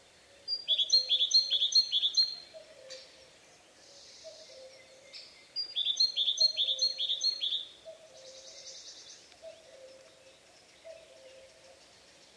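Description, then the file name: Great tit song, quick bright two-note phrases repeated in runs of four to five, two bursts with pauses, over a soft low repeated tone and faint noise. "Parus major"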